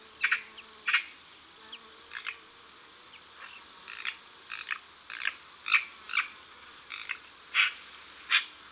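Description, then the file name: Eurasian magpie giving a series of short, harsh, dry chack notes at irregular intervals. "Pie bavarde"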